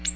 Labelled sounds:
Ovenbird (Seiurus aurocapilla) flight call

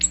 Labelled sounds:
Ovenbird (Seiurus aurocapilla) flight call

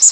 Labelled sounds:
Magnolia Warbler (Setophaga magnolia) flight call

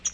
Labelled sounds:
Pine Warbler (Setophaga pinus) flight call

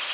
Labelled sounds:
Louisiana Waterthrush (Parkesia motacilla) flight call

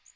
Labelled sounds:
Magnolia Warbler (Setophaga magnolia) flight call

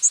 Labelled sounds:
Northern Waterthrush (Parkesia noveboracensis) flight call

